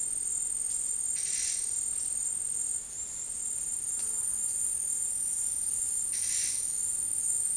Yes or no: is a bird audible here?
no